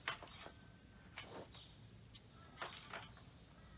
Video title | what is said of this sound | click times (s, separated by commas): First time using a new Little Giant Ladder to check the Fascia boards and eves. Water malfunctions. | you want to bring it back down at least one should click into place there we go and | 0.1 s